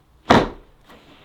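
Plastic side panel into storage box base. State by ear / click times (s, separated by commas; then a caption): seated / 0.3 s. The right-hand plastic side panel of a KETER Store It Out Midi 880L storage box is pushed down into its plastic base. A sharp, loud plastic snap at 0.3 s fades out over the next quarter second, followed by a faint softer rustle near 0.9 s. The panel clicks into the base and is seated in place.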